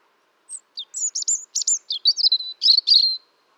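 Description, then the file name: European robin song: a single high, thin phrase of varied whistled and chirping notes that slides about, closing in a quick, slightly buzzy flourish. "Erithacus rubecula"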